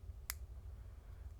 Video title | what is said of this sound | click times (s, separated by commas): POCO M8: How to Input SIM Cards | when you put it properly, you can hear the click sound. It means that you you input it properly. | 0.3 s